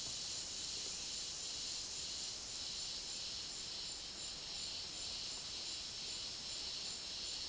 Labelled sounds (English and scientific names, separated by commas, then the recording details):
none
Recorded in dense forest near Puerto Asís, Putumayo, Colombia, on 19 February 2024 at 12:30
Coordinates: 0.499, -76.324
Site G6469